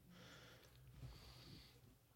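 A low, steady rumbling breath sound fills the short clip, with a brief snort near the middle and faint room noise. A dog is snoring nearby in the room, an ordinary, harmless snore; he's just there, like the relaxing noise of the ocean.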